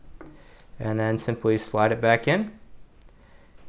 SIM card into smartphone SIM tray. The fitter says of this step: now just take your sim card and place it on top of the tray it's going to lock into place just like that